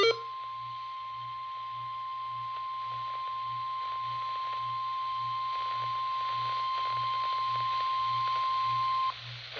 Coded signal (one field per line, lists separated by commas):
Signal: Emergency Alert System (SAME) tones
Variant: 1050 Hz attention tone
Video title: GENERAL RISK TORNADOES | Alerts from 9/29/24 - 9/30/24 (EAS #1426 - 1445)